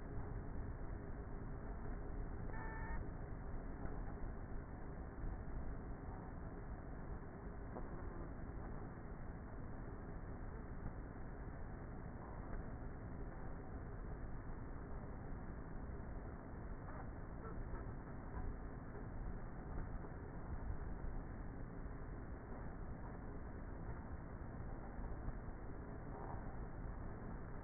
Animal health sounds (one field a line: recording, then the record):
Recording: honeybee colony, microphone inside the hive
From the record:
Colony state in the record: queenless with a low population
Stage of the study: before two queens were removed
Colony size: about 30,000 bees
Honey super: no